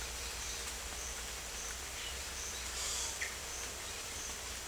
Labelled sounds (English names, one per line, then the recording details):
none
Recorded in secondary vegetation near Puerto Asís, Putumayo, Colombia, on 21 December 2024 at 07:30
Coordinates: 0.488, -76.319
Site GP04